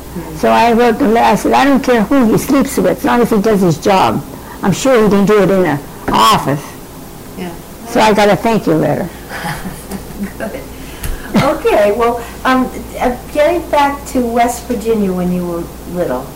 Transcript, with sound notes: So I wrote the letter, I says, "I don't care who he sleeps with, as long as he does his job." I'm sure he didn't do it in a office.
Yeah.
So I got a thank you letter.
(laughing) Good. Ok, well, um, getting back to West Virginia, when you were little,